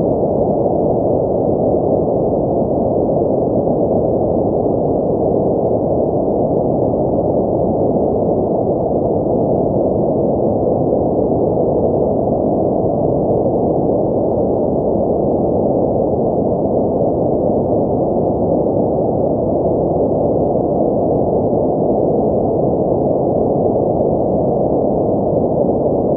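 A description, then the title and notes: A steady ocean-like rush of noise plays without pause for the whole clip, deep and muffled with nothing bright on top. The loudness never swells or falls, so no separate waves break through; it stays an even, dense wash throughout. Calming ocean white noise. 800 hertz frequencies of calming ocean feeling sounds.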